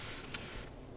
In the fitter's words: push that in and it locks in place